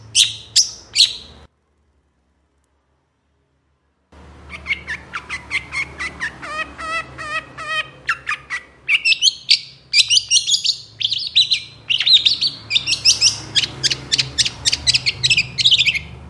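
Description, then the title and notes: Long-tailed shrike song: a brief burst of high chattering notes, a silent gap, then fast varied chatter, trills and sharp whistled notes crowding the rest. Cendet singing in the morning with 'toet toet' variations, used as a lure to prompt silent, stalled or stressed cendet to sing within five seconds. "Cendet Gacor Dor Di Kala Pagi Toet Toet Variasi Suara. PANCINGAN CENDET MALAS BUNYI CENDET MACET CENDET STRESS. Burung cendet"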